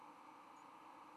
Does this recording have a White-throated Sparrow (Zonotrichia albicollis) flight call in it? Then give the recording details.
no. Another species' flight call is heard. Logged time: 03:52 on 10 November 2014